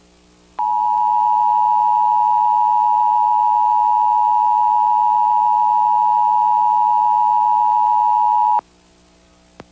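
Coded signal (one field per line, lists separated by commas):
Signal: Emergency Alert System (SAME) tones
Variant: 853 and 960 Hz attention tone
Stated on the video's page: Emergency alert system test broadcast on television in the New York City area.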